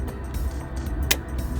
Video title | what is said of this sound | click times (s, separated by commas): London Black Cab Rear Brake Shoe Replacement ... I HATE BRAKE DRUMS !!! | so you get a nice click like that | 1.1 s